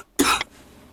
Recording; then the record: coughing mixed with background sound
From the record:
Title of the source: 64 coughing, allergies, singing lungs